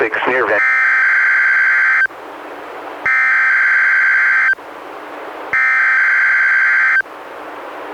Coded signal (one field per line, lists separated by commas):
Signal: Emergency Alert System (SAME) tones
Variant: header bursts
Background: speech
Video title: EAS #147-151: 5 NWR Required Weekly Tests- Nov. 23-Dec. 21, 2016